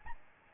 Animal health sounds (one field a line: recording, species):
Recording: mosquito wingbeat signal from an infrared sensor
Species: Aedes albopictus